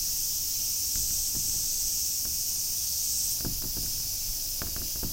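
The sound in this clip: High continuous cicada buzz with scattered soft clicks and taps, becoming more frequent toward the end.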